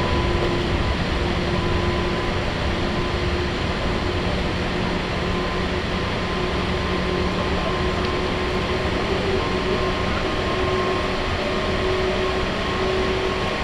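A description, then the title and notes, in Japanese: A local train on the Chuo East Line sits stopped at Shiotsu station, waiting for a limited express to pass. A dense, steady rumble fills all fourteen seconds at an even level, with faint unchanging whining tones running underneath and no distinct events. 中央東線普通 大月→高尾。四方津駅で特急の通過待ちで9分停車します。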